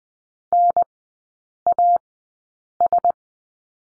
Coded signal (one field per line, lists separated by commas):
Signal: Morse code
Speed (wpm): 20 wpm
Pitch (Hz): 700 Hz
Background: none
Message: NAS